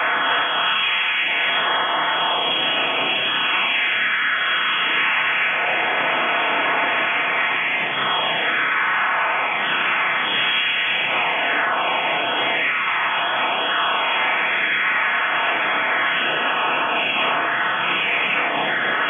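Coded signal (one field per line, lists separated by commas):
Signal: HF data modem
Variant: CIS-12 12-tone PSK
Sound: continuous dense rushing hiss-like multitone data, steady throughout with slight fading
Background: radio static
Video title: 11084 KHz USB - Russian CIS-12 modem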